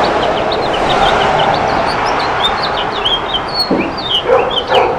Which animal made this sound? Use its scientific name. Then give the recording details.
Haemorhous mexicanus. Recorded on Long Island, New York, on 8 June 2012. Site MB. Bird C